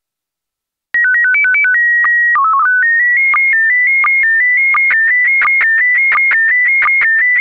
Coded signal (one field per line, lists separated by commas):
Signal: SSTV (slow-scan television)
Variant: PD 90